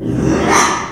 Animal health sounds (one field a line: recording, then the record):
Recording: squeal of a Yucatan mini pig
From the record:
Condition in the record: after surgery on the right vocal fold (resection and tissue-engineered implant)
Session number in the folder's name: 3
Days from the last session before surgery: 33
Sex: male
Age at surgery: 12 weeks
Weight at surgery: 13 kg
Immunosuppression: cyclosporine, prednisolone